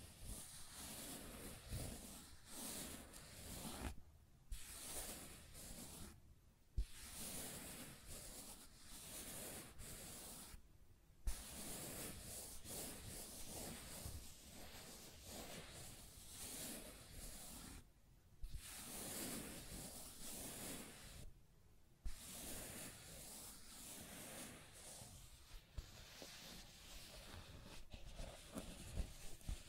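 Scratching and tracing sounds fill the recording: a dense, rough rubbing that runs almost without pause, bright and hissy across the whole range. The texture shifts constantly in strokes, broken by short silent gaps near 4, 6, 11, 18 and 22 seconds.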